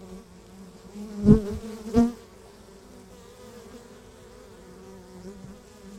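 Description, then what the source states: Honey bees humming, with two loud close buzzes early on before the drone settles to a softer background hum. Beehive at Laren Gld., July 17th 2015; not a binaural recording.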